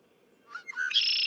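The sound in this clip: Red-winged blackbird singing, short gurgling notes leading straight into a harsh buzzy trill that runs to the end.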